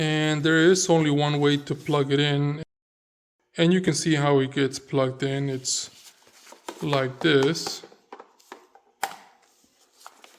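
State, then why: Seated. Someone talks while pushing the plastic air-hose plug of Sharper Image Powerboost air compression boots into the port on the control unit, a plug that fits only one way. A sharp click at 9.0 s marks the plug seating in the port, followed by a few faint taps.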